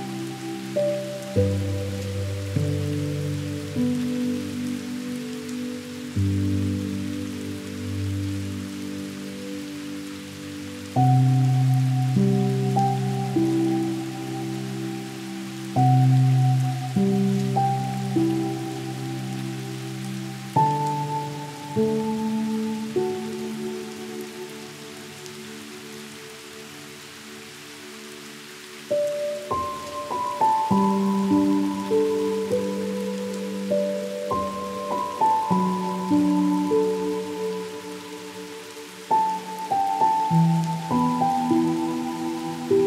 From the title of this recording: Raindrop•Relaxing piano